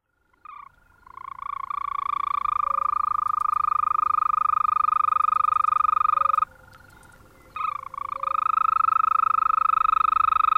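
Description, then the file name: European green toad calling, a steady purring trill held for over five seconds, a short pause with a faint trill, then another strong trill starting. "Bufo viridis"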